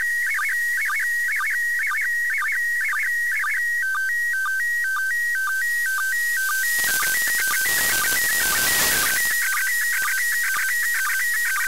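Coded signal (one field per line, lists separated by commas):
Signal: SSTV (slow-scan television)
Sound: warbling tone shifting between pitches with regular short low sync blips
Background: radio static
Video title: ISS Pass SSTV 2019 02 16 1922z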